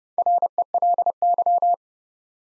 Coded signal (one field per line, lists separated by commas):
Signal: Morse code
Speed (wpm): 31 wpm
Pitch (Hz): 700 Hz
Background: none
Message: RELY